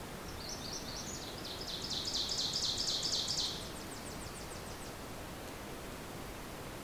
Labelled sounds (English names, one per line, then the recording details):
Ovenbird song
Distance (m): 50 m
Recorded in boreal forest in Alberta, Canada, on 26 May 2016 at 07:18
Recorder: SongMeter 3, array SBT-3-15
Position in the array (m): 35 m, 236 m
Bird 20